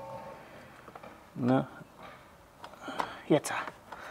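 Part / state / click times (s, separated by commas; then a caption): bike carrier clamp onto car tow bar ball / not seated / none. Someone talks while handling a bike carrier clamp on the tow bar ball of a Mazda 6e, searching for the locking point as it is mounted. Brief handling knocks and taps are heard between the speech. The carrier's latch has not hooked home yet, and nothing has seated or clicked yet.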